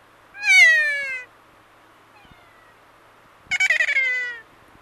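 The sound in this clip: Kea giving two loud, harmonic screeching calls, the first a smooth falling wail, the second starting with rapid stuttered pulses before sliding downward; a faint short note between.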